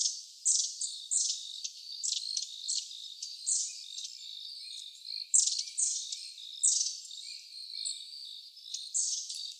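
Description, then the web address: Long-tailed tit giving high, thin see-see notes and brief dry buzzy trills in repeated irregular bursts against a steady high background hiss. Recorded 1 November 2015. "birdenaga enaga 151101"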